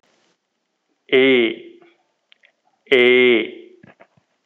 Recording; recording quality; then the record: sustained vowel as in made; excellent, no background noise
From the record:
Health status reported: healthy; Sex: male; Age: 31 years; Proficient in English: yes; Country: India